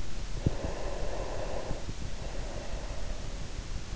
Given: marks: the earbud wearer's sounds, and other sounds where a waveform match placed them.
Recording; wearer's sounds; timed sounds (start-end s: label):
sounds in sleep by an in-ear microphone; breath
0.42-3.67 s: breath